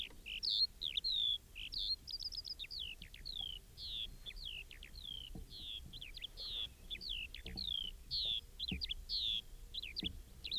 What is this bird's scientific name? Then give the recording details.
Alauda arvensis. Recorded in the wild. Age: adult. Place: Schloß Holte-Stukenbrock, Senne, Nordrhein-Westfalen, DE. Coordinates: 51.8614, 8.65667. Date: 1968-06-16. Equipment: Uher 4000 Report-S, Bändchenmikro Beyer M 260, Parabolspiegel Polyester (470 mm). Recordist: Conrads, Klaus